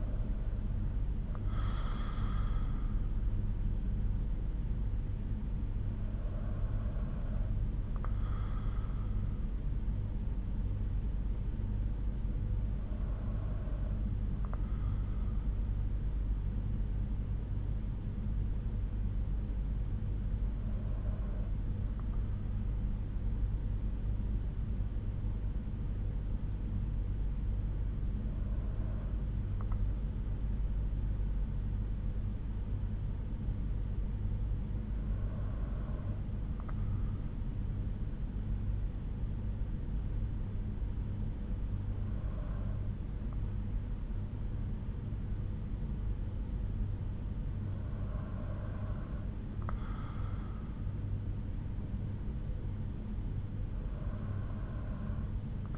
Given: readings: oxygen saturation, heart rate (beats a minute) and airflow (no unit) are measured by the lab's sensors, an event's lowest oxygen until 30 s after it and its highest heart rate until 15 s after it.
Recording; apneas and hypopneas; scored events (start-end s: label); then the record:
breathing in sleep by a smartphone at the bedside; 1
18.00-45.30 s: hypopnea (N2, oxygen 96% highest, then 93% lowest)
From the record:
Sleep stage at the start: N2 (light sleep); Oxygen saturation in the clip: 93 to 96%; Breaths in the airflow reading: 10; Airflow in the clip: -6.1 to 5.4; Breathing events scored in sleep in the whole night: 368 in 8.0 hours asleep